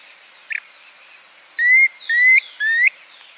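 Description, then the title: Planalto tyrannulet call: three clear, slightly rising whistled notes in quick succession, preceded by a brief faint chirp, over a steady high insect hiss. Subspecies brevirostris. "LuckyPassaro Completos2Sama. Planalto Tyrannulet (Phyllomyias fasciatus brevirostris)"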